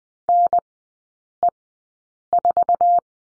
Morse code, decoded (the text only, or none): NE4